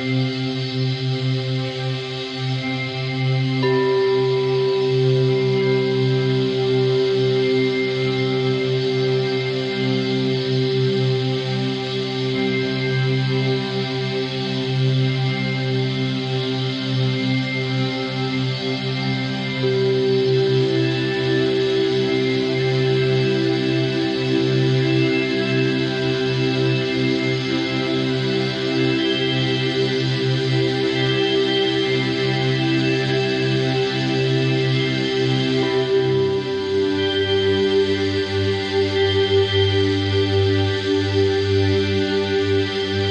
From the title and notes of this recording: 396 Hz Tibetan Bowl Music. The resonating tones of the Tibetan Bowl.